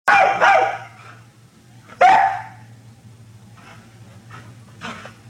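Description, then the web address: Small dog letting out two quick yapping barks, then a third about two seconds later, followed by fainter sounds over a low steady hum. "barking-dog small-dog-barking"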